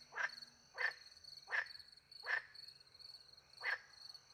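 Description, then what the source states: Frog giving brief croaks at uneven intervals, about five in four seconds, against a constant shrill cricket chorus. Frogs calling by night in French countryside beside a little pond, with crickets; microphones hidden in a tree close to the pond, two Usi pro microphones into a Mixpre 10 II.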